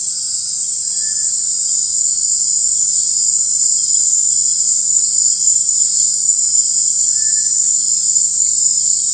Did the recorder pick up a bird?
no